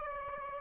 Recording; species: mosquito wingbeat signal from an infrared sensor; Aedes aegypti